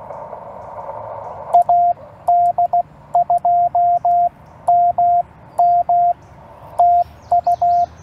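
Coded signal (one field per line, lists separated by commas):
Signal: Morse code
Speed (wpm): 16 wpm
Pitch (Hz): 690 Hz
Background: radio noise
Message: AD2MM TU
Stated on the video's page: CW during a park activation, used as copy practice.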